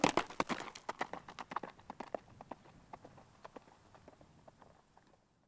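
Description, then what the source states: Horse cantering, quick thudding hoofbeats, loud at first and then fading away until silence. Horse cantering past on a dirt surface.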